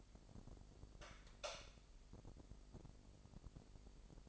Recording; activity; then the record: daily activity, microphone in the room; light on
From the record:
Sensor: 5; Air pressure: 995.4 hPa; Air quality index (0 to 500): 92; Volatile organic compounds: 5 ppm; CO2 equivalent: 1744 ppm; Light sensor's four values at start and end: 35/81/33/33 and 36/87/35/35